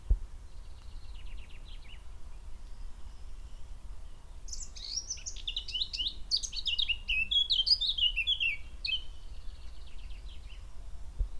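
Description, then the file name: Eurasian blackcap song: quiet chattering first, then a loud, fluting warble of quick whistled notes that falls in pitch toward the end. "Sylvia atricapilla"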